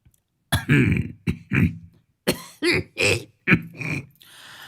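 An old man coughs loudly and harshly in a string of about seven rough, phlegmy bursts, three quick ones, a short pause, then four more, with no talking.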